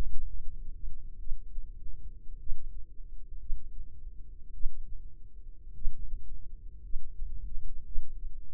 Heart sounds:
heart sounds by microphone in the left ear; 54 bpm
0.09 s: heartbeat
1.18 s: heartbeat
2.38 s: heartbeat
3.38 s: heartbeat
4.52 s: heartbeat
5.73 s: heartbeat
6.81 s: heartbeat
7.84 s: heartbeat
From the record:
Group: healthy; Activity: rest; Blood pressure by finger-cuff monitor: 94/59 mmHg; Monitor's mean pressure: 69 mmHg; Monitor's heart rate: 55 bpm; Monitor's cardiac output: 4.2 L/min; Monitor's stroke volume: 79 mL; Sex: female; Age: 36 years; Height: 163 cm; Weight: 88 kg

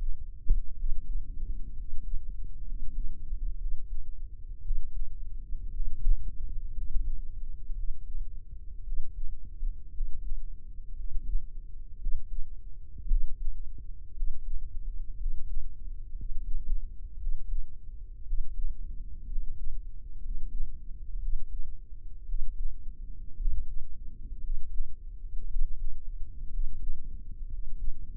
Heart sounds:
heart sounds by microphone in the right ear; 58 bpm
0.72 s: heartbeat
1.71 s: heartbeat
2.61 s: heartbeat
3.54 s: heartbeat
4.59 s: heartbeat
5.68 s: heartbeat
6.70 s: heartbeat
7.71 s: heartbeat
8.80 s: heartbeat
9.89 s: heartbeat
10.91 s: heartbeat
11.95 s: heartbeat
13.04 s: heartbeat
14.11 s: heartbeat
15.14 s: heartbeat
16.12 s: heartbeat
17.15 s: heartbeat
18.21 s: heartbeat
19.24 s: heartbeat
20.17 s: heartbeat
21.16 s: heartbeat
22.23 s: heartbeat
23.34 s: heartbeat
24.37 s: heartbeat
25.44 s: heartbeat
26.47 s: heartbeat
27.45 s: heartbeat
From the record:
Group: healthy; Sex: male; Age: 23 years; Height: 178 cm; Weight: 96.6 kg

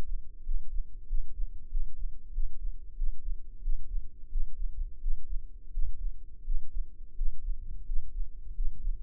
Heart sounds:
heart sounds by microphone in the left ear; 89 bpm
0.42 s: heartbeat
1.05 s: heartbeat
1.68 s: heartbeat
2.31 s: heartbeat
2.94 s: heartbeat
3.60 s: heartbeat
4.28 s: heartbeat
4.99 s: heartbeat
5.70 s: heartbeat
6.42 s: heartbeat
7.14 s: heartbeat
7.84 s: heartbeat
8.53 s: heartbeat
From the record:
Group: healthy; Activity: breath hold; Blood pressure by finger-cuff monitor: 110/83 mmHg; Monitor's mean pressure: 89 mmHg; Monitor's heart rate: 91 bpm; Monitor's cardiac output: 6.2 L/min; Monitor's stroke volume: 66 mL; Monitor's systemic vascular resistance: 1050 dyn s/cm5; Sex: male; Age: 21 years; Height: 170 cm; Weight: 71 kg

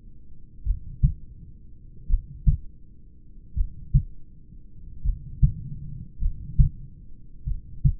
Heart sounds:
heart sounds by stethoscope; 44 bpm
0.69 s: heartbeat
2.12 s: heartbeat
3.59 s: heartbeat
5.07 s: heartbeat
6.24 s: heartbeat
7.49 s: heartbeat
From the record:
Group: heart failure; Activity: rest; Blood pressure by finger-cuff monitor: 138/62 mmHg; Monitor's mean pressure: 82 mmHg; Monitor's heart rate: 42 bpm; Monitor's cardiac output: 5.6 L/min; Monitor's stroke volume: 129 mL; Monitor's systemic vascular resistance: 1060 dyn s/cm5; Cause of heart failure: familial cardiomyopathy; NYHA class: 1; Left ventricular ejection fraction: 49%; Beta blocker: bisoprolol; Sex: male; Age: 31 years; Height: 194 cm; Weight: 96 kg

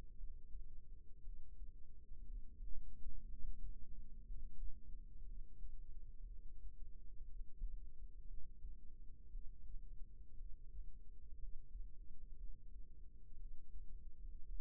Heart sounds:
heart sounds by microphone in the right ear; 59 bpm
0.15 s: heartbeat
1.21 s: heartbeat
2.22 s: heartbeat
3.26 s: heartbeat
4.23 s: heartbeat
5.23 s: heartbeat
6.24 s: heartbeat
7.25 s: heartbeat
8.25 s: heartbeat
9.28 s: heartbeat
10.34 s: heartbeat
11.36 s: heartbeat
12.35 s: heartbeat
13.34 s: heartbeat
14.42 s: heartbeat
From the record:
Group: healthy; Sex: female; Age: 37 years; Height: 168 cm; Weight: 70 kg

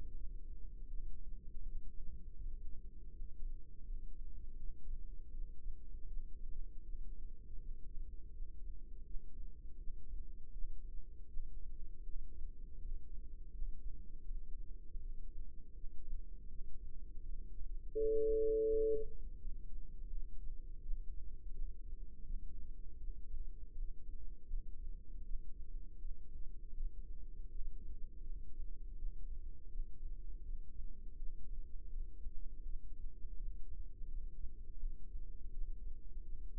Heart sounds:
heart sounds by microphone in the left ear; 81 bpm
0.13 s: heartbeat
0.87 s: heartbeat
1.62 s: heartbeat
2.37 s: heartbeat
3.11 s: heartbeat
3.83 s: heartbeat
4.57 s: heartbeat
5.31 s: heartbeat
6.06 s: heartbeat
6.82 s: heartbeat
7.58 s: heartbeat
8.31 s: heartbeat
9.04 s: heartbeat
9.77 s: heartbeat
10.51 s: heartbeat
11.26 s: heartbeat
12.02 s: heartbeat
12.78 s: heartbeat
13.51 s: heartbeat
14.24 s: heartbeat
14.99 s: heartbeat
15.73 s: heartbeat
16.48 s: heartbeat
17.22 s: heartbeat
17.94 s: heartbeat
18.66 s: heartbeat
19.39 s: heartbeat
20.09 s: heartbeat
20.81 s: heartbeat
21.51 s: heartbeat
22.23 s: heartbeat
22.97 s: heartbeat
23.72 s: heartbeat
24.47 s: heartbeat
25.23 s: heartbeat
25.99 s: heartbeat
26.74 s: heartbeat
27.49 s: heartbeat
28.23 s: heartbeat
28.96 s: heartbeat
29.69 s: heartbeat
30.42 s: heartbeat
31.16 s: heartbeat
31.90 s: heartbeat
32.63 s: heartbeat
33.35 s: heartbeat
34.07 s: heartbeat
34.79 s: heartbeat
35.51 s: heartbeat
36.22 s: heartbeat
From the record:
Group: healthy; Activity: rest 0-20 s, breath hold 20-37 s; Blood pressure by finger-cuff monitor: 138/90 mmHg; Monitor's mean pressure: 112 mmHg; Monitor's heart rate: 81 bpm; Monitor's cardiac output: 5.5 L/min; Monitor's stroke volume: 68 mL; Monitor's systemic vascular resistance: 1510 dyn s/cm5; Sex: female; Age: 51 years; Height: 162 cm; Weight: 70.04 kg

